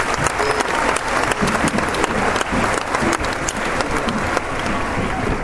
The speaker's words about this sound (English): Thank you. Thank you, but if you knew me, you wouldn't give me that much applause, trust me.